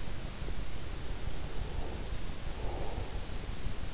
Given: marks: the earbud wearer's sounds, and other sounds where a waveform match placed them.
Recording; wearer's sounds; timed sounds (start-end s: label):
sounds in sleep by an in-ear microphone; breath
0.44-3.69 s: breath